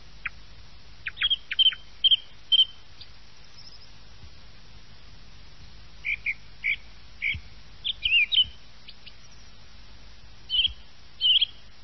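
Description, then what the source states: Thrush song in scattered bursts of sharp chirps and brief whistles, separated by long quiet gaps. Thrush song used as a lure in uccellagione, Italian bird-catching.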